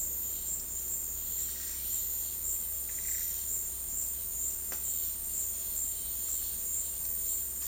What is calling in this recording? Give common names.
none